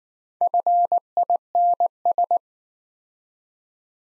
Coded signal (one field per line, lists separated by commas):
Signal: Morse code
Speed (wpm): 19 wpm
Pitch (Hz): 700 Hz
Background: none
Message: FINS